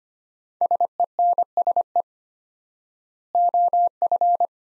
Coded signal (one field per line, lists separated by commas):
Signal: Morse code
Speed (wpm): 25 wpm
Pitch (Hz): 700 Hz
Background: none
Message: SENSE OF